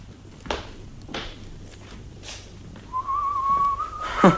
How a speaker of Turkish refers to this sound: Boyna ıslık çalıp duruyorsunuz. Ne? Ne yapıyormuşum ben? Şöyle hafiften ıslık çalıp duruyorsunuz da.